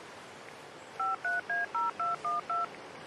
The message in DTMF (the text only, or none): 53A0212